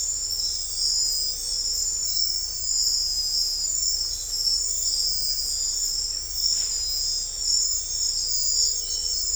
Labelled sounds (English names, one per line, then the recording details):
none
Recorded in dense forest near Puerto Asís, Putumayo, Colombia, on 16 December 2024 at 01:00
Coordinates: 0.500, -76.322
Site G053